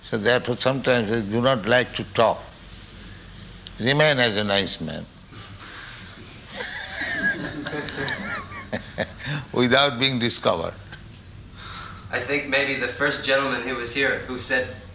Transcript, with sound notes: So therefore, sometimes they do not like to talk. Remain as a nice man, [laughs] without being discovered.
I think maybe the first gentleman who was here, who said...